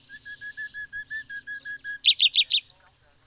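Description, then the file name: Common nightingale song: a string of about ten evenly spaced low piping notes, then a loud rapid run of sharp high notes. "Luscinia megarhynchos"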